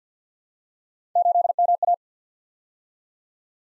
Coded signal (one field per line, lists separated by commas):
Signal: Morse code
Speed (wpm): 53 wpm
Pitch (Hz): 700 Hz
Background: none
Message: 8MA